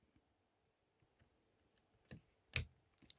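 A plastic cover piece is pressed into the body of a model figure after a few trial fits. A faint tap comes at 2.1 s, then a sharp, loud snap at 2.6 s as the piece seats and fits well, followed by a few small ticks.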